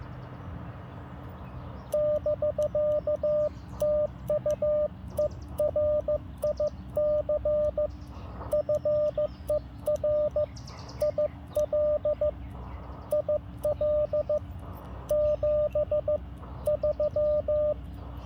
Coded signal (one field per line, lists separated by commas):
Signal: Morse code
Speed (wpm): 15 wpm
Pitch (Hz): 590 Hz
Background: radio noise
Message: <BK> TU ERIC FER IL IL 73